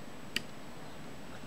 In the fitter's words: heard one click it